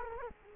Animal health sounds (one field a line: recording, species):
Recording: mosquito wingbeat signal from an infrared sensor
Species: Culex quinquefasciatus